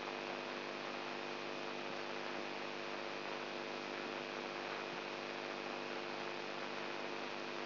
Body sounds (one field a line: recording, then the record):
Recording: brain microelectrode recording played as sound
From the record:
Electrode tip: inside the subthalamic nucleus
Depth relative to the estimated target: 0 mm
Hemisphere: right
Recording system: AlphaMap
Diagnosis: Parkinson's disease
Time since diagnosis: 20 years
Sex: female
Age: 64 years